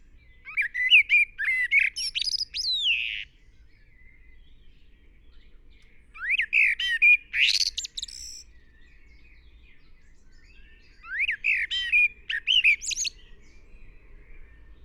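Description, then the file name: Common blackbird song in three phrases separated by pauses, each mixing mellow whistled notes with bright, squeaky twitters. "Turdus merula"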